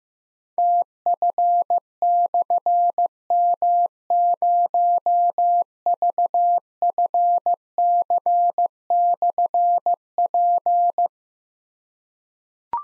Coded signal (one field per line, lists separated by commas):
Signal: Morse code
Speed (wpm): 15 wpm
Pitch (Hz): 700 Hz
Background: none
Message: TF/M0VFC/P